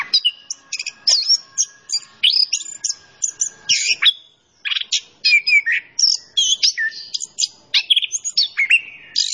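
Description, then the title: Orange-headed thrush song, a busy stream of sharp chirps, whistled slurs and scratchy notes in quick bursts, pausing once briefly before continuing just as energetically. Masteran training song for teaching songbirds; local name anis kembang; described as gacor, singing actively. "Anis Kembang Gacor. Kicau Mania Masteran Anis Kembang ORIGINAL"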